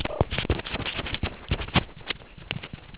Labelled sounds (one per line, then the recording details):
meerkat close call
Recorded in the Kuruman River Reserve, South Africa
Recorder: an audio tag on a meerkat's collar